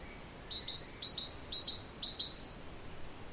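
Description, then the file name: Great tit song, a short run of quick, clear high notes in a repeated rhythmic pattern. "Parus major"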